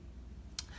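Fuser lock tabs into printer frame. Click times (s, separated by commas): 0.6 s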